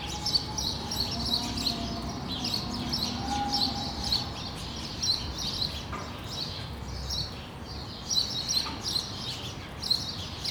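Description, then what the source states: Sparrow chirps in clustered series with short pauses, a faint low tonal hum and steady background noise. Several sparrows on Rue de l'épargne, Brussels, Belgium, recorded on World Sparrow Day with Lom mikroUši AB microphones into a Deity PR-2 recorder.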